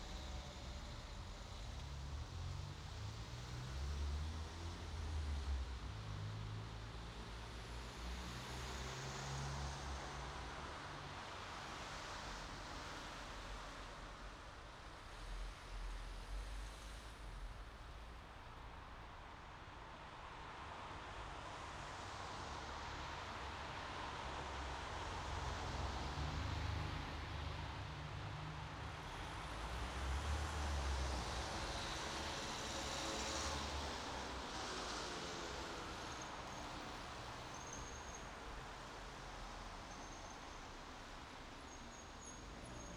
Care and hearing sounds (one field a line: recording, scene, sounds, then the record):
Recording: everyday scene through a hearing-aid microphone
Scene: in traffic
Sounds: traffic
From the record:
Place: bus stop on a city main road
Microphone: in the ear canal, right